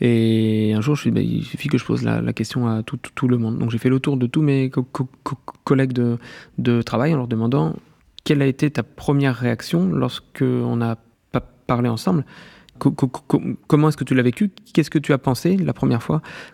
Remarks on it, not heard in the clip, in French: Toute ma vie, j'ai cru que lorsque je bégayais en discutant avec quelqu'un. Il y a des techniques pour réussir à, en modulant la vitesse d'élocution, réussir un peu à adoucir les sons sur lesquels on sait qu'on bégaye pour pouvoir le gérer un peu mieux.